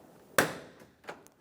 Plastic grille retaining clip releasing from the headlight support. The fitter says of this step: Go to either side and pull straight up. You'll hear them click out of place.